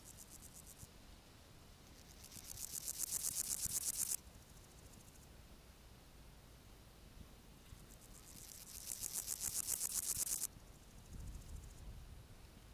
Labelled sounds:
Steppe Grasshopper stridulation
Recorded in the wild
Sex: male
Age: imago
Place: Summt, Grundstück, Brandenburg, DE
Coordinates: 52.6931, 13.3619
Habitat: Garten, Wiese
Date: 1971-07-24 15:00
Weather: diesig, gewittrig, 30°C
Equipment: Uher 4000 Report-Monitor, Sennheiser MD 421
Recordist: Tembrock, Günter
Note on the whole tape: Summt, Grundstück - Wiese: Stridulation

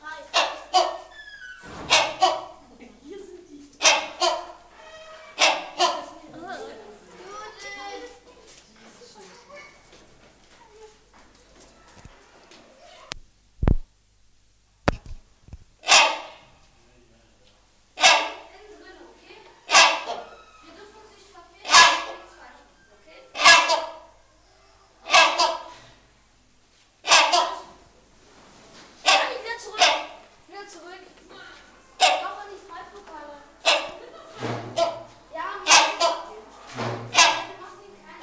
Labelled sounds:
Rhinoceros Hornbill call
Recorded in captivity
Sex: pair
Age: adult
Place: Zoo Berlin, Berlin, DE
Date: 2001-08-14 14:48
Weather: sonnig, ca. 26°C
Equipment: Marantz CP 130, Sennheiser MKH 416, Kopie Uher 4000 Report Monitor
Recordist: Tembrock, Günter

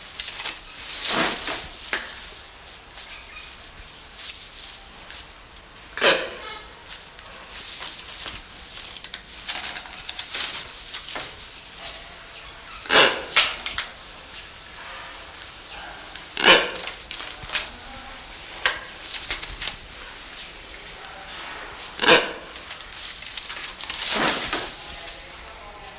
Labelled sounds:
Wreathed Hornbill call
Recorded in captivity
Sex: male
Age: adult
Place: Zoo Berlin, Berlin, DE
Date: 1999-09-04 10:58
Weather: sonnig, 21°C
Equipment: Sony WM-D6C, Sennheiser ME 80, Kopie Uher 4000 Report Monitor
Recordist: Tembrock, Günter

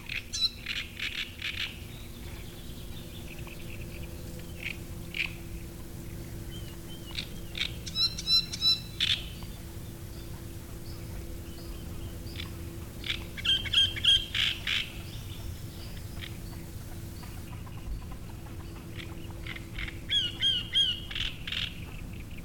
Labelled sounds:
Great Reed Warbler
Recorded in the wild
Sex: male
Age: adult
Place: Müggelsee, Berlin, DE
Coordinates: 52.43, 13.64
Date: 1990-05-03
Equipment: Uher 4400 Report Monitor, Sennheiser ME 80, K 30 AV
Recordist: Fischer, Stefan

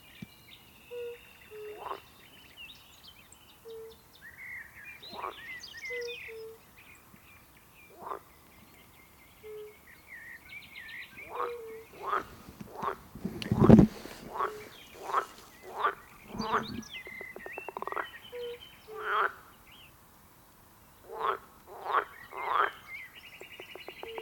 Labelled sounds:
Fire-Bellied Toad call
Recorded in the wild
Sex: male
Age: adult
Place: Bernau bei Berlin, Börnicker Feldflur, Brandenburg, DE
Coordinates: 52.667, 13.625
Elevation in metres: 86
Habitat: pond
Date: 2023-05-03 20:58
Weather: air 16°C, water 16°C
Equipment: Sound Devices 702, Sennheiser MKH 415 T, Rhode Windschutz
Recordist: Frommolt, Karl-Heinz

